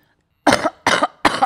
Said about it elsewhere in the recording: I keep waking up. I have this cough that like won't go away. It's crispy. But it's like crunchy. It feels like I'm shaking a can of Pringles. It's not getting anything up.